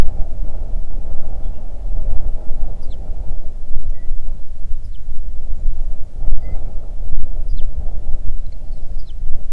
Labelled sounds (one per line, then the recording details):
songbird
wind
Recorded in the Arctic National Wildlife Refuge, Alaska, on 3 June 2019 at 05:06
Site 37